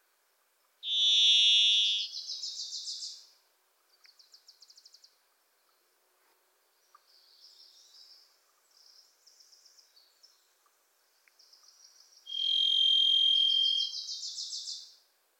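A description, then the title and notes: A Varied Thrush sings in somber, reverberant woods: a long, loud buzzy whistle near 1 second, then a quieter trilled tail. Between about 4 and 12 seconds come soft, high chattering notes, before a second strong buzzy whistle and trill at 12 seconds. The Varied Thrush, Ixoreus naevius, is a wisp in the forests of the Pacific Northwest.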